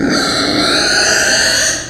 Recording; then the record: squeal of a Yucatan mini pig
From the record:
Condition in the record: before surgery on the right vocal fold (resection and tissue-engineered implant); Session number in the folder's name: 3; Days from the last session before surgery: 0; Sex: female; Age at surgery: 19 weeks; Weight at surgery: 25 kg